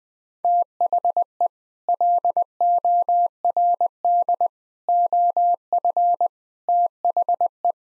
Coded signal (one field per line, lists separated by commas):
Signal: Morse code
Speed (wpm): 21 wpm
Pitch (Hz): 700 Hz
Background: none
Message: THE LORD OF THE